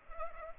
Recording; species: mosquito wingbeat signal from an infrared sensor; Culex pipiens